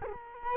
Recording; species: mosquito wingbeat signal from an infrared sensor; Culex quinquefasciatus